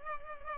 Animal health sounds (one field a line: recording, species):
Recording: mosquito wingbeat signal from an infrared sensor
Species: Culex pipiens